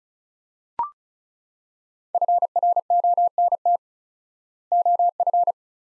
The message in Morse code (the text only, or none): FRONT OF